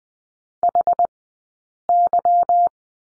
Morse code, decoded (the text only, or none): HY